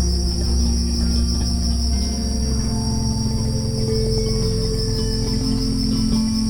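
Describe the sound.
Steady cricket trilling, high and even, running the whole time beneath slow, soft melodic tones.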